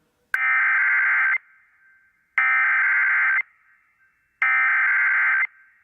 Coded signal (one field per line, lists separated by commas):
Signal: Emergency Alert System (SAME) tones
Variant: header bursts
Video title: EAS Compilation Alerts for Hurricane Florence 9-11-2018 to 9-16-2018